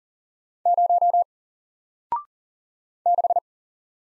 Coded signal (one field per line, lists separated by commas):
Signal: Morse code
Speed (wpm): 40 wpm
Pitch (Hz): 700 Hz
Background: none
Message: 0 6